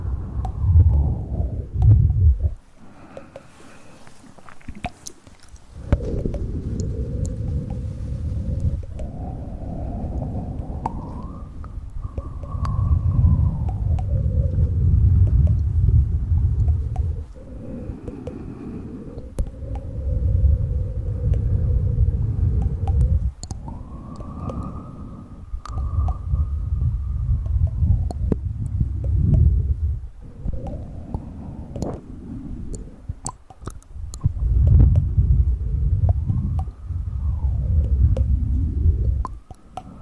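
Tapping and mouth sounds over a heavy, low rumbling bed that swells and drops in long stretches, with brief near-silent gaps around 3–5 and 30 seconds. Sliding tones rise and fall above it, and sharp clicks and taps scatter throughout.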